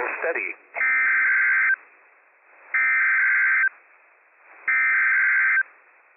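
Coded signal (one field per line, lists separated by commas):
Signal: Emergency Alert System (SAME) tones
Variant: header bursts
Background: speech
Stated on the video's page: Dust storm warning relayed on NOAA weather radio station WWF56, issued by the National Weather Service in Spokane for eastern Washington counties.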